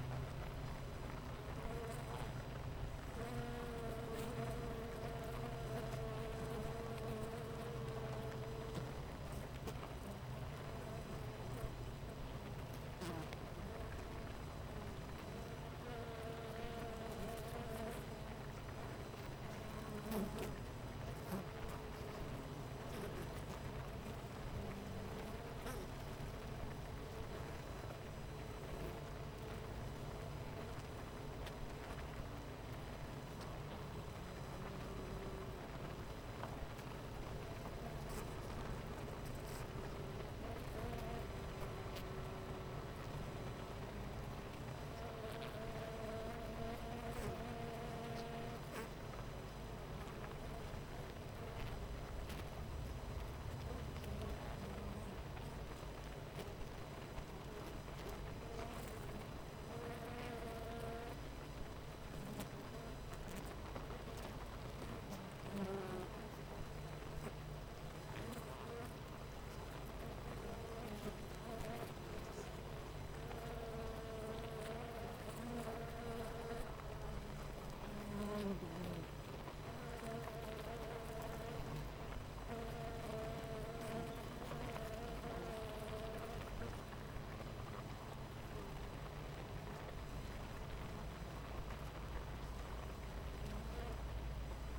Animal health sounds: honeybee colony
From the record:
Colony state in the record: missing queen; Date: 14 July 2017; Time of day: 8:45

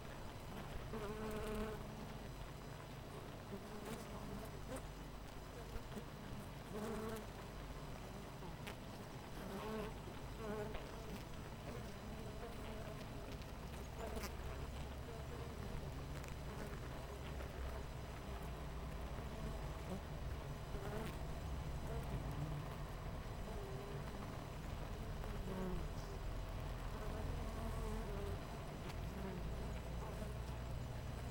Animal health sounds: honeybee colony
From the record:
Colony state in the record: missing queen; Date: 14 July 2017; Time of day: 7:58

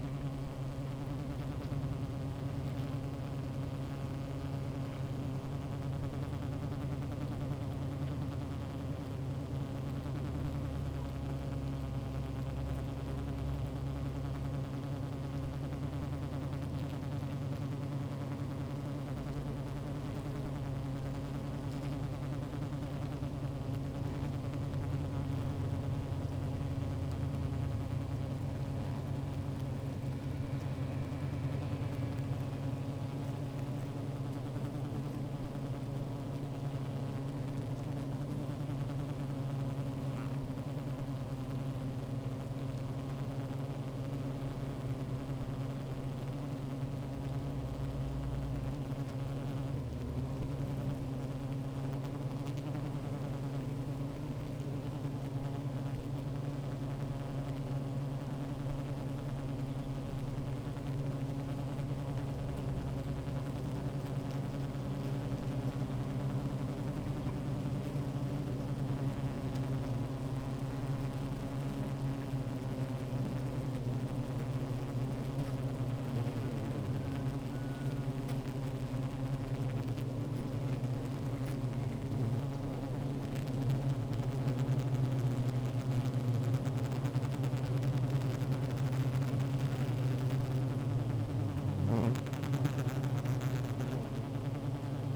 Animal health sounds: honeybee colony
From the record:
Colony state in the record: active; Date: 28 July 2017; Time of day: 15:10

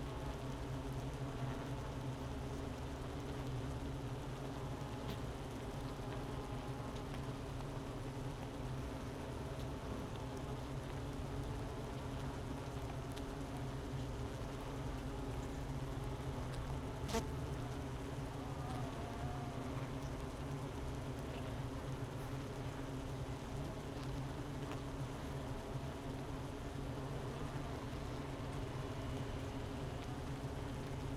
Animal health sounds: honeybee colony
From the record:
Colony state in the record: missing queen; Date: 31 May 2018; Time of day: 10:47

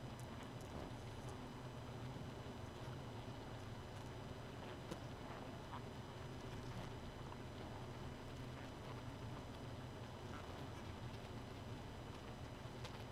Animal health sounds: honeybee colony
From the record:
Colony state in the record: missing queen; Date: 31 May 2018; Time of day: 2:24

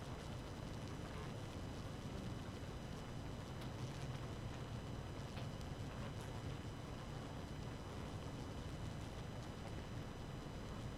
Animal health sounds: honeybee colony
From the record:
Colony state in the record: active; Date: 12 June 2018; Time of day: 4:38

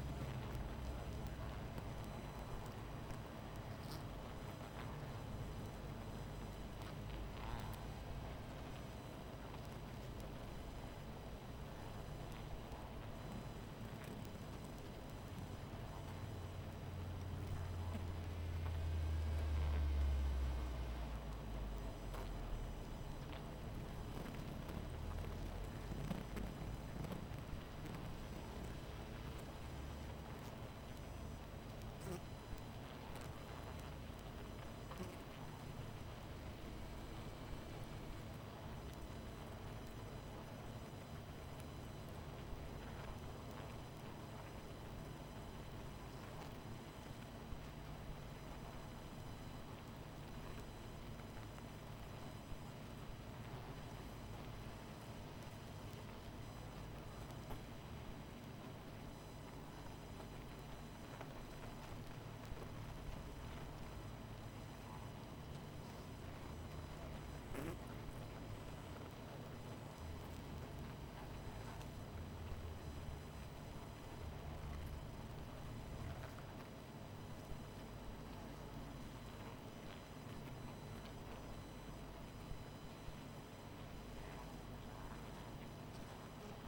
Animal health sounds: honeybee colony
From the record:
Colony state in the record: missing queen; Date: 14 July 2017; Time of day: 22:22

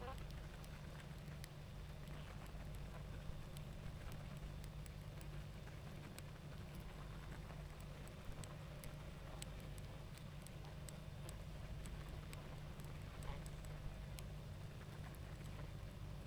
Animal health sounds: honeybee colony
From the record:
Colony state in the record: active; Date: 28 July 2017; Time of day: 20:41

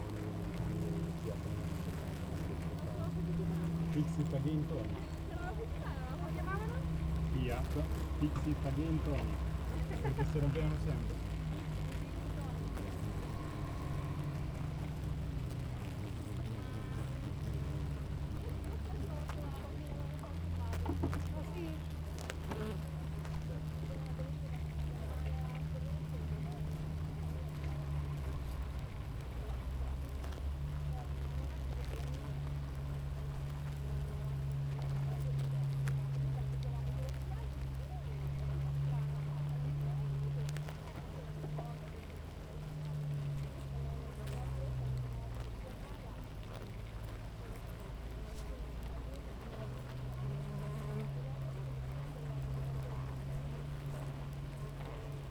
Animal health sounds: honeybee colony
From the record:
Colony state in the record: active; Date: 28 July 2017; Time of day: 7:32

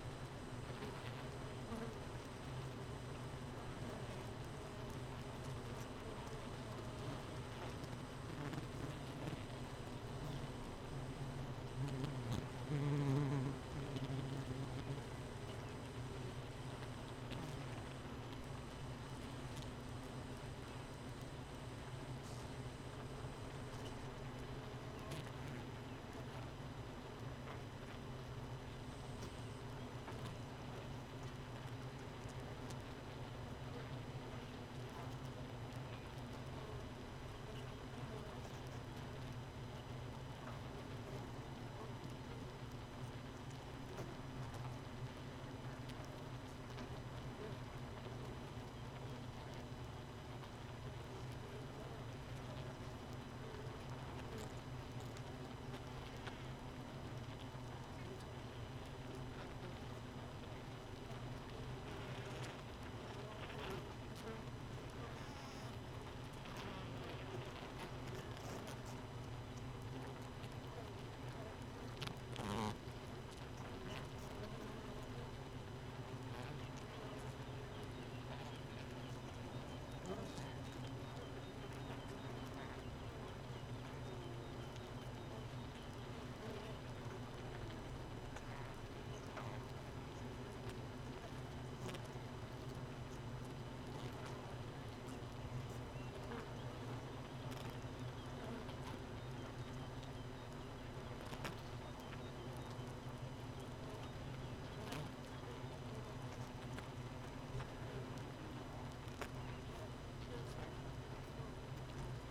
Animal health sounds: honeybee colony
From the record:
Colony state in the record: missing queen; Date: 31 May 2018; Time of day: 4:52

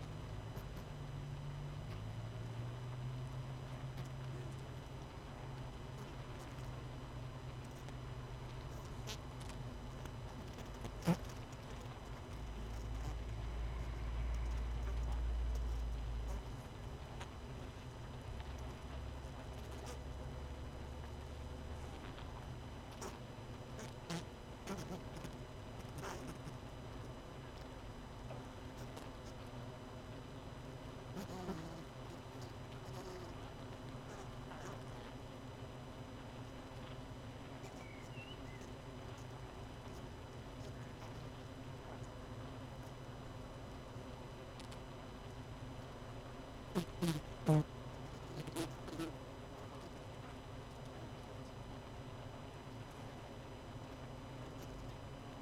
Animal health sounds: honeybee colony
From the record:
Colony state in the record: missing queen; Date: 31 May 2018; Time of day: 19:10

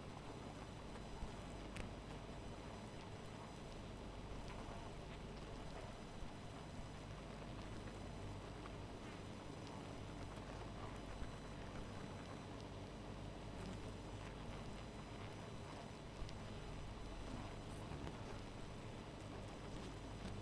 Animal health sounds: honeybee colony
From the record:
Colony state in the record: missing queen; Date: 14 July 2017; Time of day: 0:27

